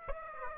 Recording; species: mosquito wingbeat signal from an infrared sensor; Aedes aegypti